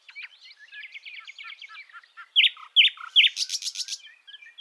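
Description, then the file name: Common nightingale song: soft chattering and a quick trill, then three loud swelling notes and a harsh rattling burst. "Luscinia megarhynchos"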